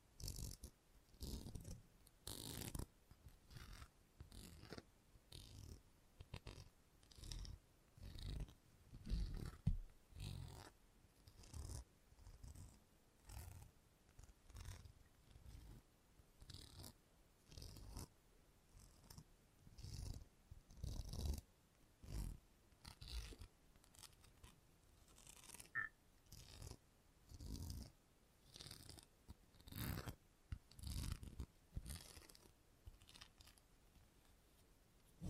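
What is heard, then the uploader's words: Rapid, irregular rustling and snipping bursts during a salon haircut, dense low thumps mixed with bright crisp scissor cuts throughout. Salon Haircut Head Massage, Scissors and Clipper.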